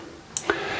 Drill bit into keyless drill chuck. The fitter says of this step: Put the drill onto a firm surface and make sure you'll hear the clicks.